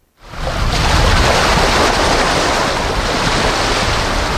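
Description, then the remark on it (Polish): Sea waves wash against the shore at a seaside settlement on the Hel Peninsula, Poland, in a loud, steady, rushing roar that swells in quickly and stays continuous, a broad hiss of surf with no voices. “Szum fal, zapach morza, plaża, mewy, rozrzucone rybackie sieci.”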